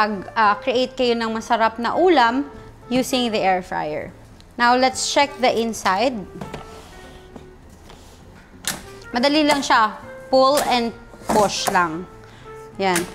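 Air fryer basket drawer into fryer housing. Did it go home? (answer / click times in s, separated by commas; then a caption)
yes / 8.7 s. The plastic basket drawer of a Kaisa Villa 5.5L air fryer is pulled out and pushed back into the fryer body while someone talks. A sharp click at 8.7 s marks the drawer locking into the housing, confirming it is seated.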